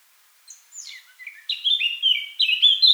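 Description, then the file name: Eurasian blackcap song: a few soft scratchy notes, then a loud, clear fluty warble of varied whistled phrases building in strength. "Sylvia atricapilla"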